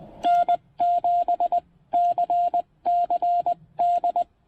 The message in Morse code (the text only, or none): N7CCD